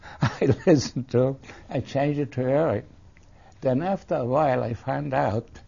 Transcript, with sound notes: I listened to him. ( he laughs ) I changed it to Harry. Then after a while I found out